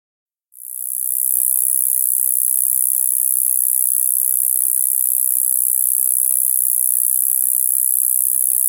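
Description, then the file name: Heath bush-cricket song starting suddenly after a half-second of quiet, then a constant shrill, hissing trill sustained to the end. "Gampsocleis glabra"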